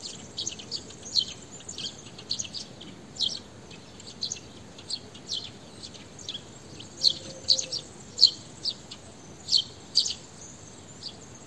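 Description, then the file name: House sparrow chirping steadily, brief high notes coming in loose clusters, some fainter than others, over steady background noise. "Passer domesticus"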